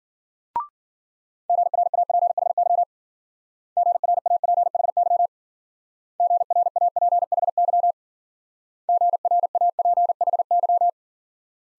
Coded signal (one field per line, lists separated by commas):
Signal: Morse code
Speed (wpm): 50 wpm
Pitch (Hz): 700 Hz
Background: none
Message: GRAPHY GRAPHY GRAPHY GRAPHY